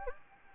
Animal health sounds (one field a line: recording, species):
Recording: mosquito wingbeat signal from an infrared sensor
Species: Anopheles gambiae